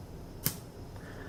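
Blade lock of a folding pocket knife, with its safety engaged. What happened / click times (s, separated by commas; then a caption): The blade lock clicked partly open / 0.5 s. With the safety slider pushed up, the release button is pressed on a cheap spring-assisted folding pocket knife, and a single sharp, bright click sounds at 0.5 s against a quiet background. The blade lock partly gives way despite the safety: the thinner locking piece is pushed out, and only the thicker piece still holds the blade, by about half a millimetre.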